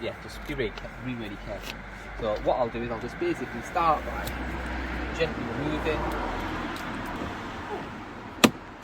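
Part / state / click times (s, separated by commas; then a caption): plastic trim clip in the car door mirror housing / released / 8.4 s. A plastic trim piece is gently pried off the door mirror housing of an Audi S3 8V during a power folding mirror retrofit, with care taken because the parts are fragile. Someone talks over a low steady hum. A plastic trim clip pops free with a sharp click at 8.4 s.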